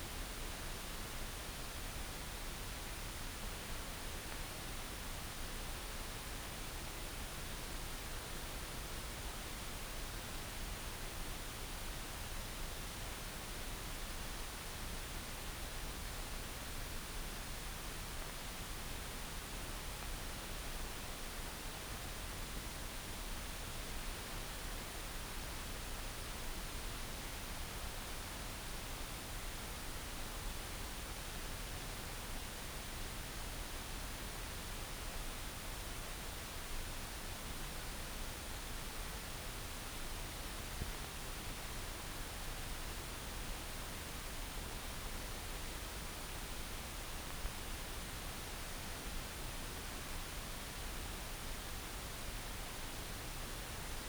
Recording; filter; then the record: brain microelectrode recording played as sound; wide band, above 20 Hz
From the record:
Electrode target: subthalamic nucleus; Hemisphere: right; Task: reaching with the left hand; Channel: 1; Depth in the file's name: 5.102 mm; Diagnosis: Parkinson's disease